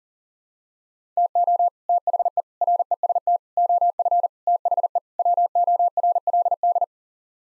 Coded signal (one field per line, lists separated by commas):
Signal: Morse code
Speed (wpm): 40 wpm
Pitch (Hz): 700 Hz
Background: none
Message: TO THE REST OF THE WORLD